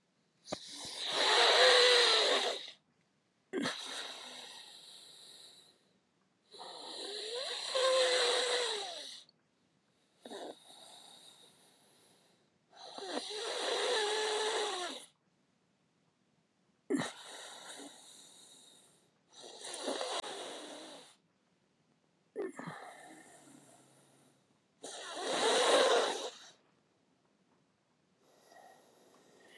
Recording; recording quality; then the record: deep breathing; excellent, no background noise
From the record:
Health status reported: healthy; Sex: male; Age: 50 years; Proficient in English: yes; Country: United States